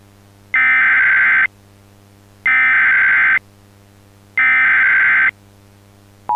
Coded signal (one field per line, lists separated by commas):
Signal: Emergency Alert System (SAME) tones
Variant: header bursts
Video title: EAS Recreation (7/20/09): San Bernardino Desert Floods